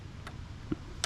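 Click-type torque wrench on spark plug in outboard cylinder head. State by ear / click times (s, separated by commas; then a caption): torque reached / 1.0 s. A click-type torque wrench tightens a spark plug into the aluminium cylinder head of a Mercury Optimax outboard. Two faint ticks sound at about 0.3 and 0.7 s, then the wrench gives a sharp, louder click at 1.0 s. That click marks the plug reaching the wrench's set torque.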